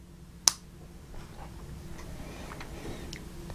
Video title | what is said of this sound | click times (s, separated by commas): The Monogram Pen from The Rexall Store - a Fountain Pen from early 1900's | when you put it back in it snaps in place | 0.5 s